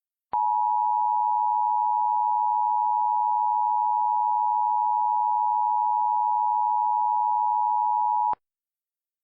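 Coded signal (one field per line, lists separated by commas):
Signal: Emergency Alert System (SAME) tones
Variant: 853 and 960 Hz attention tone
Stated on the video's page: Mock Texas Required Monthly Test, a recreation of how the relayed alert might have looked.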